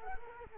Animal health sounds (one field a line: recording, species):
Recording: mosquito wingbeat signal from an infrared sensor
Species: Culex quinquefasciatus